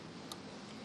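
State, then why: Seated. While installing an HHO fuel system, a wire is routed up and around and its terminal is pushed into its electrical connector with the metal pin centered in the middle. A single short, sharp snap at 0.3 s stands out over a steady background hiss. The terminal snaps into place and is seated in the connector.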